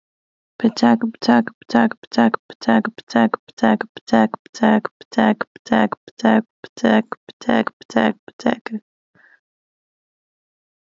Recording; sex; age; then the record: repeated syllables /pa ta ka/; female; 20 to 29 years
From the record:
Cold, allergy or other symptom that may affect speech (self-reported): no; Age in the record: 29 years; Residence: Minnesota, United States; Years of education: 12